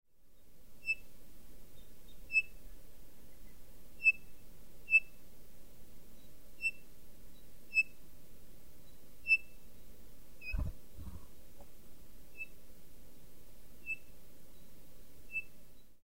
A Townsend’s solitaire chirps.